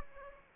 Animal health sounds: mosquito wingbeat signal from an infrared sensor; Aedes aegypti

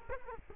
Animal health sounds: mosquito wingbeat signal from an infrared sensor; Culex quinquefasciatus

